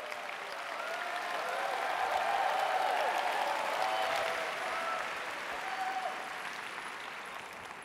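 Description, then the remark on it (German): An audience claps steadily for about eight seconds to welcome a man presented as the Kohen Gadol, the high priest of Israel, a dense wash of many hands that swells slightly in the middle and then eases off, with no one speaking over it. “Applaus bitte, wir wollen den Kohen Gadol willkommen heißen, den Hohepriester von Israel.”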